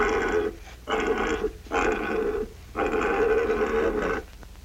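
Pig giving harsh, drawn-out squealing grunts in four long bursts, each lasting about half a second to over a second, with short pauses between.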